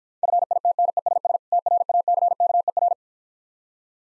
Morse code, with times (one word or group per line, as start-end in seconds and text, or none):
0.2-1.4 FITNESS
1.5-2.9 TRACKER